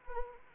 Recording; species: mosquito wingbeat signal from an infrared sensor; Anopheles arabiensis